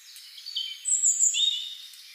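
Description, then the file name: European robin, a brief fragment of very high, thin whistled notes with a short sliding trill. "Erithacus rubecula"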